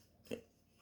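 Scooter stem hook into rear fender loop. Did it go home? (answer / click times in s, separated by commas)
yes / 0.3 s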